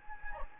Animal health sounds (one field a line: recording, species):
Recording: mosquito wingbeat signal from an infrared sensor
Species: Anopheles gambiae